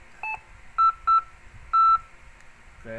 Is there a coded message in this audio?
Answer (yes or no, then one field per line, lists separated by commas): no